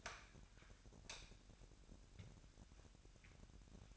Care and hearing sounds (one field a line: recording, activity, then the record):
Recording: daily activity, microphone in the room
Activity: light on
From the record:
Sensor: 2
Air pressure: 1011.8 hPa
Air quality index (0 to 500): 213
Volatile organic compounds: 3 ppm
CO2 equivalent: 1504 ppm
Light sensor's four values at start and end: 10/24/10/11 and 15/42/17/17